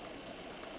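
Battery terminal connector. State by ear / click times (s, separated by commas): not seated / none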